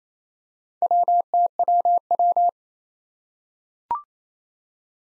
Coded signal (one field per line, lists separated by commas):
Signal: Morse code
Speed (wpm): 28 wpm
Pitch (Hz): 700 Hz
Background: none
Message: WTWW